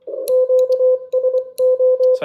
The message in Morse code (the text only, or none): QSO